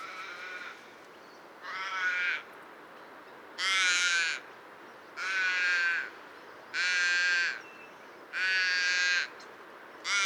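Bird repeating rough, grating calls, about seven harsh notes at fairly even intervals, the first one fainter.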